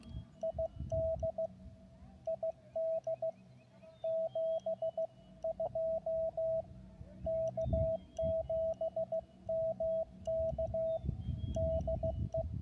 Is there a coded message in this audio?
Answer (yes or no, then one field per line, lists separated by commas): yes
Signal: Morse code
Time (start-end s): 0.4-12.4 s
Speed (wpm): 16 wpm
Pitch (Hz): 650 Hz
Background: radio noise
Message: ID ID 7 2 K7MK DE